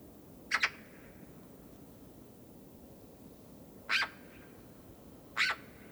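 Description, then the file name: Eurasian magpie giving harsh, noisy chack notes, a doubled one first and then two single ones about one and a half seconds apart, over a low steady rumble. "Pica pica"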